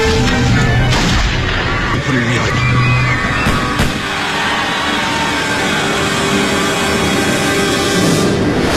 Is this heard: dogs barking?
no